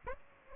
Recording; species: mosquito wingbeat signal from an infrared sensor; Anopheles arabiensis